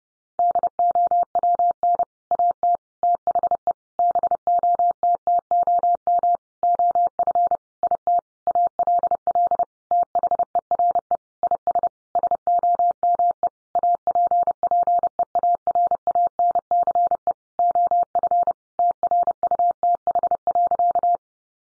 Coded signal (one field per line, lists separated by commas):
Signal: Morse code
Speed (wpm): 28 wpm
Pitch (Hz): 700 Hz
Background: none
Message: DOWN AT THE BOTTOM OF IT ALL THERE IS SOME APPEARANCE OF TRUTH.